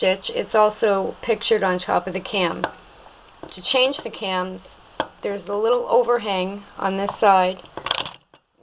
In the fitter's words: You pop the door open like that.